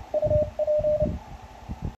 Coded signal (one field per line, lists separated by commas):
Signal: Morse code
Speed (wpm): 29 wpm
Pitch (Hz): 610 Hz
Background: none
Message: UP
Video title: HZ1TT 15M CW BY 9Z4Y